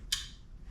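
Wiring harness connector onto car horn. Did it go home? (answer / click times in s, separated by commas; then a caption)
yes / 0.1 s. A wiring harness plug is pushed onto the terminal of a new car horn to make sure it goes on correctly. A single sharp plastic click at 0.1 s rings briefly at high pitch over a low background rumble. The connector is seated.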